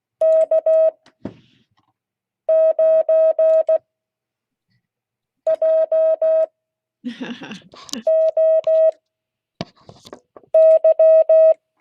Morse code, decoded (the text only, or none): K9JOY